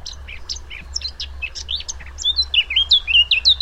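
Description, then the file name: Eurasian blackcap song: a scratchy, rapid warbling chatter that turns into a louder run of clear, fluty whistled notes near the end, with a faint low hum underneath. "Sylvia atricapilla"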